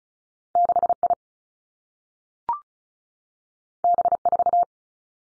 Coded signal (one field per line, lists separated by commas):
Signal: Morse code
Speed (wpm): 36 wpm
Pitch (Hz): 700 Hz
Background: none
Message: 6 I B 4